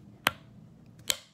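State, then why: Seated. A plastic snap lid is pushed down onto a shaker bottle cup, giving two sharp snaps at 0.3 and 1.1 seconds, with a couple of faint taps just before the second snap. The double snap shows the lid is fully seated, so it isn't half on and the shake won't fly out.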